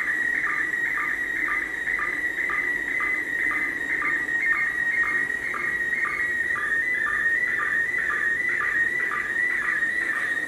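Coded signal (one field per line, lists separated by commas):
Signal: SSTV (slow-scan television)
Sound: warbling high tone near 2 kHz with regular short low chirps about twice a second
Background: radio static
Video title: SSTV images from ISS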